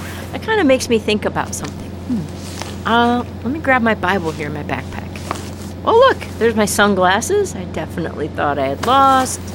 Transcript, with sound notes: That kinda makes me think about something. Let me grab my Bible here in my back pack. (Sound ofbackpack unzipping and rifling around) Well, look! There’s my sunglasses that I definitely thought I lost...